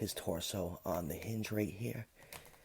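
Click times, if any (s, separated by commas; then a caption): 2.3 s. Someone talks while the plastic torso of a Transformers Kingdom Leader Class Megatron action figure is collapsed on its hinge. A short, sharp snap is heard at 2.3 s as the torso locks into place.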